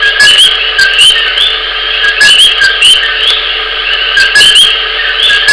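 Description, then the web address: Coqui giving repeated two-note co-qui calls, a low note and a higher rising note, with sharp clicking bursts between them. "digemdj Sounds Coqui"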